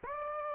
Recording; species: mosquito wingbeat signal from an infrared sensor; Aedes aegypti